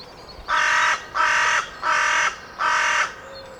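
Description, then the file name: Carrion crow producing four loud, rasping caws in a steady, fairly quick series. "Corvus corone"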